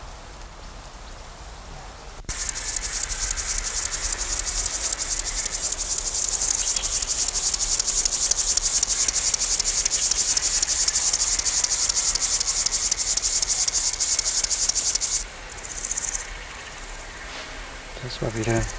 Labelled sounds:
Upland Field Grasshopper stridulation
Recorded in the wild
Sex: male
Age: imago
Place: Berlin, OT Blankenfelde, Berlin, DE
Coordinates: 52.6219, 13.4075
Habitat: meadow
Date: 1990-08-12 12:00
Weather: warm and humid, 20-28°C
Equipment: Marantz, Sennheiser ME 80
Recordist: Tembrock, Günter

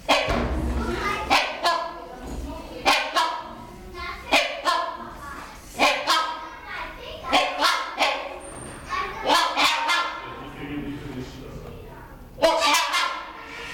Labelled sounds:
Trumpeter Hornbill call
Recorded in captivity
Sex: male
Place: Zoo Berlin, Berlin, DE
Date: 1996-05-05 15:47
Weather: bedeckt, 8°C
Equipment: Sony MD-WM MZ-R3, Sennheiser MKH 416 T, Kopie Uher 4000 Report Monitor
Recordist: Tembrock, Günter

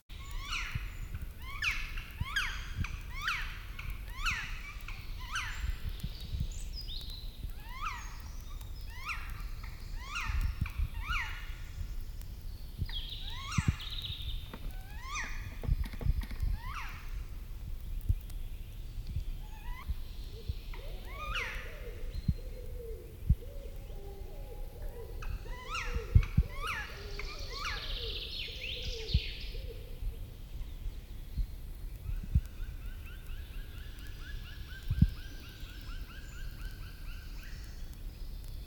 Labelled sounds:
Black Woodpecker
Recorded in the wild
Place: Serrahn, Mecklenburg-Vorpommern, DE
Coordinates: 53.67, 12.35
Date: 1969-05-10
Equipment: Nagra III BH, Sennheiser MD 421
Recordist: Schubert, Michael

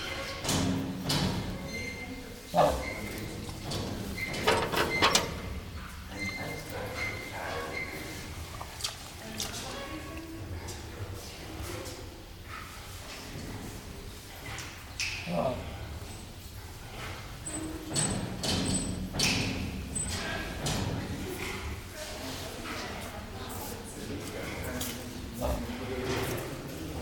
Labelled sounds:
Red River Hog
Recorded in captivity
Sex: pair
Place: Zoo Berlin, Berlin, DE
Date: 1996-04-06 18:00
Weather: heiter, 14°C
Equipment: Sony MD-WM MZ-R3, Sennheiser MKH 416 T, Kopie Uher 4000 Report Monitor
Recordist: Tembrock, Günter

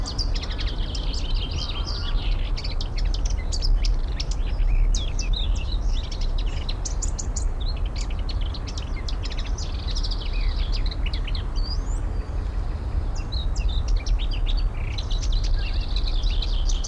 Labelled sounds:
Lesser Whitethroat
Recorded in the wild
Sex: male
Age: adult
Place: Karower Teiche, Naturpark Barnim, Berlin, DE
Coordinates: 52.62, 13.46
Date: 1994-04-24
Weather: Wind, sonnig, 15-18°C
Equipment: Marantz CP 430, Sennheiser ME 80, Kopie Uher Variocord 263
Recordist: Tembrock, Günter

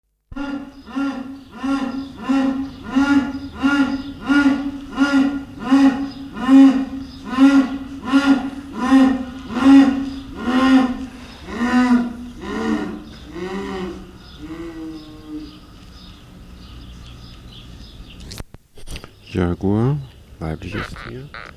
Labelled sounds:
Jaguar call
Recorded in captivity
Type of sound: call sequence
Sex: female
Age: adult
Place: Zoo Halle, Sachsen-Anhalt, DE
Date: 1969-07-05 07:50
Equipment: Uher 4200 Report Stereo, Sennheiser MD 421
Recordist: Tembrock, Günter
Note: Weibchen, Tier einzeln gehalten, steht am Gitter: Rufreihe, nach Beginn eingeschaltet. Abstand: 15 m

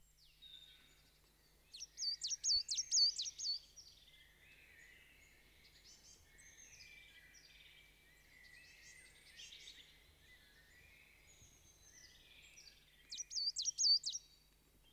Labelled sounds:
Coal Tit song
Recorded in the wild
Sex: male
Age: adult
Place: Kaiserslautern, Rheinland-Pfalz, DE
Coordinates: 49.4372, 7.80972
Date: 1978-04-01
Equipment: Nagra IV, Sennheiser MKH 405, Parabolreflektor
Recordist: Tretzel, Erwin
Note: Denkmalsbuche: zwwi Strophen einer Tannenmeise

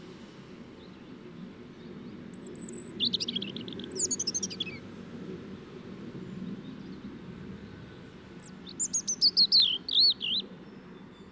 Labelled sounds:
European Robin song
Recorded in the wild
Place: Kaiserslautern, Rheinland-Pfalz, DE
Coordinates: 49.4247, 7.77889
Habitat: garden
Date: 1978-03-29
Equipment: Nagra IV, Sennheiser MKH 405, Parabolreflektor
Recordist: Tretzel, Erwin

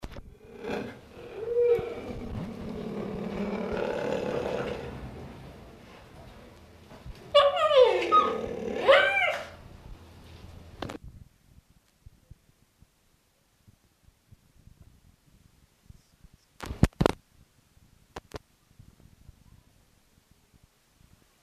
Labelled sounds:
Cheetah call
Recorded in captivity
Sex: group
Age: adult
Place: Zoo Leipzig, Sachsen, DE
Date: 1966-10-22 15:45
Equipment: Uher 4200 Report Monitor, Sennheiser MD 421, Transistorverstärker
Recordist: Tembrock, Günter
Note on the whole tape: Tiere innen getrennt: ein Weibchen ruft (selten auch das andere), sehr helle Laute, auch Männchen: dunkler, z.T. bellend, Knurren gegen Beobachter und "Purren"

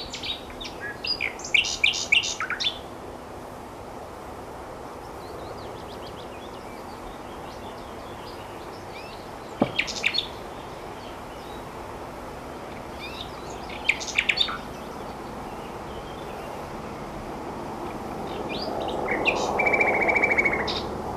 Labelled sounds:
Common Nightingale song
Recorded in the wild
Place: Camargue, FR
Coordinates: 43.5239, 4.64528
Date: 1965-04-20
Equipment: Uher Report 4000, AKG D190
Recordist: Krey, Winfried

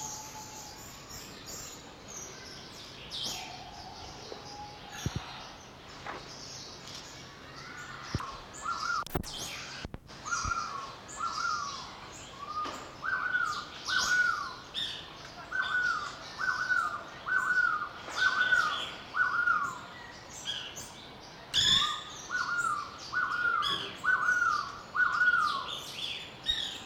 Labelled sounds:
Crested Quetzal call
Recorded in captivity
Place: Zoo Berlin, Berlin, DE
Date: 1986-11-14 12:02
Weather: sunny 7 - 8°
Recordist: Tembrock, Günter

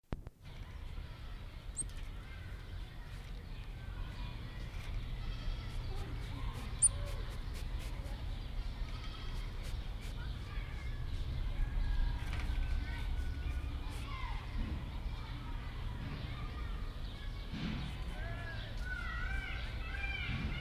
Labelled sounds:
South American Coati
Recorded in captivity
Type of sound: call, sniffing
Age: adult
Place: Zoo Rostock, Mecklenburg-Vorpommern, DE
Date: 1973-05-22 13:00
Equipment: Uher 4200 Report Stereo, Sennheiser MD 421, Verstärker
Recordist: Tembrock, Günter
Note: Roter Nasenbär (geführt als Nasua rufa): Laute und Schnüffeln eines Tieres am Gitter

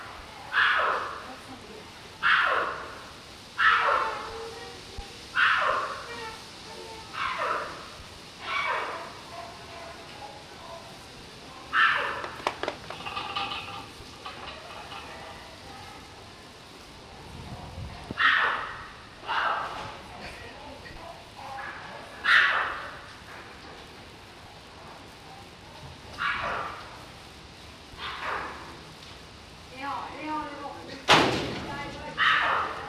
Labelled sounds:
Chimpanzee
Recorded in captivity
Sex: female
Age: adult
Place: Zoo Prag, CZ
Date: 1967-09-14 11:00
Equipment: Uher 4000 Report-S, Transistorverstärker II, Sennheiser MD 421
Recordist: Tembrock, Günter

